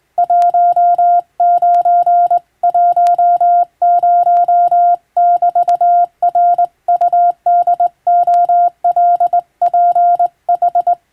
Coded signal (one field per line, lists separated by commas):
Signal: Morse code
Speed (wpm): 21 wpm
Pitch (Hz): 700 Hz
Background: none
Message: 1910<BT>RUDOLPH